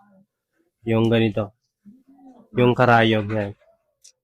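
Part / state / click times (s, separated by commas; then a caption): lancet needle into lancing device / seated / 4.0 s. A lancet needle is inserted into a lancing device while someone talks. A short, quiet tick at 4.1 seconds marks the lancet seating in the device.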